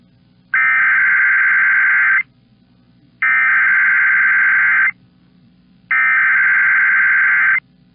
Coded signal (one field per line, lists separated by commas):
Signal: Emergency Alert System (SAME) tones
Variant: header bursts